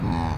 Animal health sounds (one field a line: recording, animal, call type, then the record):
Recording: contact call of a hoofed animal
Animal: cattle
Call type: low-frequency (closed-mouth) or high-frequency (open-mouth) call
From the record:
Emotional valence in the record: negative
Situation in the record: full separation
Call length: 0.37 s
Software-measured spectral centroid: 1470 Hz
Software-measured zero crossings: 850 a second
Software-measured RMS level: -24 dBFS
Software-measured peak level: -12 dBFS